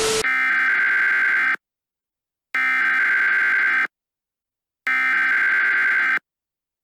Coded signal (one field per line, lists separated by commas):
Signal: Emergency Alert System (SAME) tones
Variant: header bursts